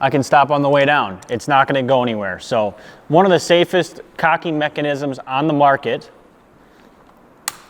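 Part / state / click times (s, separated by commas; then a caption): crank cocking slide into crossbow stock / seated / 7.5 s. Someone talks while the cranked cocking slide of a Ten Point Havoc RS440 XERO crossbow is run back up. After a quiet stretch, a faint tick at 7.1 s is followed by a loud, sharp click at 7.5 s as the slide locks into the crossbow stock.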